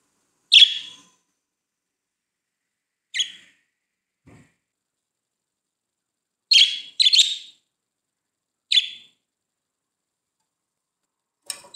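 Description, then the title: Budgerigar contact calls: six short, bright chirps spaced a few seconds apart, two in quick succession near the middle, with silence between. "Budgie Sounds"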